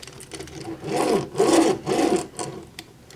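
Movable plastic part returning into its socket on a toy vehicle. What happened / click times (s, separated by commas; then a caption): The part is being moved but has not yet clicked home / none. A movable plastic part on a DX Popynica Chou Juukouki Neo Beet Machine plastic transforming robot toy vehicle (B-Fighter Kabuto) is worked through its horn-thrust action and pushed back toward its locked position in its socket. Three rubbing, grinding plastic strokes peak around 1.0, 1.5 and 2.0 seconds, followed by two faint short ticks near 2.4 and 2.8 seconds. The part has not seated or clicked into place yet.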